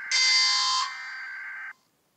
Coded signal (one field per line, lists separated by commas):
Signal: Emergency Alert System (SAME) tones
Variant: header bursts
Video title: Eas alarms part 1 different years and current years